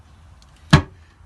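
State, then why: Seated. The removable waste cassette of a narrowboat's cassette toilet, with its yellow and gray handles, is pushed back into its cupboard housing with a finger. A faint tick at 0.4 s is followed by a sharp, loud click at 0.7 s as the catch engages. The cassette seats in place.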